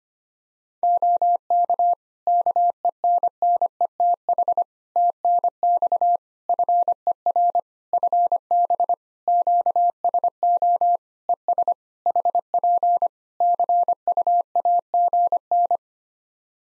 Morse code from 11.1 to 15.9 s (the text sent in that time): ES HP CUAGN